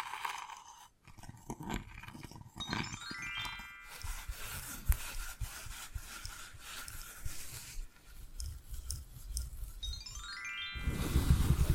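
Invisible tapping, scratching and tracing: dense, uneven taps and scrapes run throughout with crisp crackly texture. Twice, near three and ten seconds, a rising chiming sweep appears, and the sound grows heavier and louder in the last second.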